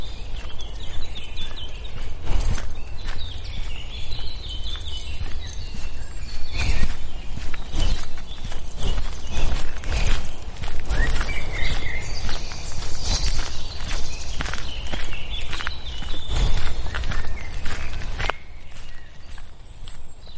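A walk in the woods with a dog: footsteps crunch steadily through the whole stretch, with sharper thumps near 2.5, 7 and 16–17 seconds. Many birds chirp and trill above throughout, and a low rumble runs underneath until it drops away around 18 seconds.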